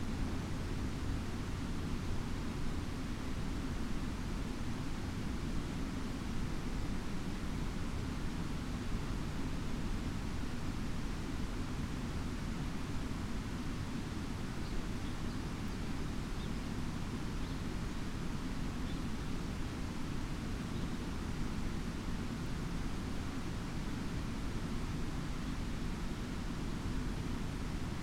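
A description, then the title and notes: Water pours over the spillway of an old grist mill in a constant, dense rush, heaviest in the low and middle range with a softer hiss above. The roar holds completely steady for the whole stretch, with no breaks or separate events. Bonneyville Mill County Park. White noise from the spillway of a historic grist mill.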